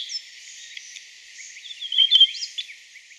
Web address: Natures Songs S America Birds of Ecuador Glossy-black Thrush